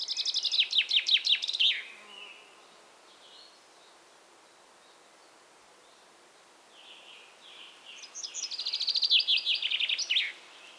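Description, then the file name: Common chaffinch: the end of one song, a quiet pause, then a full song of quick repeated high notes closing with a flourish. "Fringilla coelebs"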